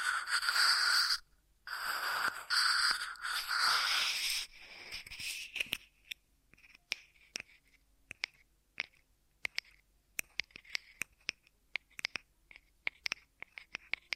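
Ear massage triggers open with about four seconds of dense, bright rubbing and scratching, broken by a brief pause near the one-second mark. The rest turns sparse: scattered sharp taps and crisp clicks, some quick, some spaced apart, over near silence.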